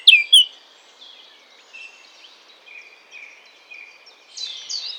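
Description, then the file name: Eurasian blackcap giving two sharp, loud descending notes at the start, then a soft, low-key warble of short phrases and a brighter burst near the end. "Sylvia atricapilla"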